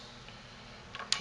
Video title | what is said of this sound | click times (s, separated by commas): Lab 2 Carb install and removal | and there's the click | 1.1 s